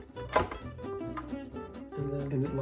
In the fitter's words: locks in place up here it's locked yeah okay very careful with that